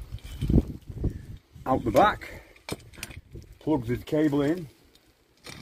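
A Starlink Gen3 dish cable is fed up through the pole/pipe mount and out the back, and its plastic connector is brought to the dish socket while someone talks. Light handling knocks and taps are heard, with a sharper one around 2.7 s and 3.0 s. The connector has not seated or clicked into the socket yet.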